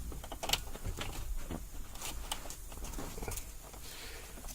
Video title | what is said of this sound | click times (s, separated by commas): WarmCarNow Plug and Play Remote Start 2009-2015 Honda pilot | This will draw the plug in and it will lock into place. | 0.5 s